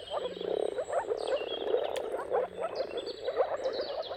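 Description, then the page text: Moor frogs calling together in soft, gurgling pulses that rise and fall, with thin bird whistles over the top. Mating calls of a moor frog chorus at sunrise, at the turn of March and April, depending on the weather. "Dawn’s Chorus: Mating Calls of Marsh Frogs at Sunrise. Depending on the weather at the turn of March and April, you can witness an amazing spectacle of moor frogs. Jakub Orzecki"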